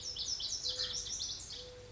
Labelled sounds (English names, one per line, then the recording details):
Mourning Dove
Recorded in Sonoma County, California